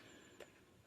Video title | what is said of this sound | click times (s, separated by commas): Andis AGC Cable Replacement | that was it did you hear that little click | 0.4 s